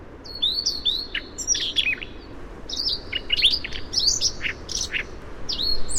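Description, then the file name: Siberian rubythroat song, a lively mix of high whistled swoops, sharp chips and buzzy notes in uneven bursts, with some low rumbling background noise. Variation. "suara siberian rubythroat variasi"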